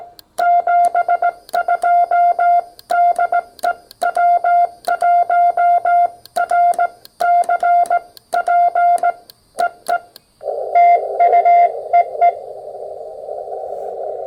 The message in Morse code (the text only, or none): 72 DE W1RCP EE TU EE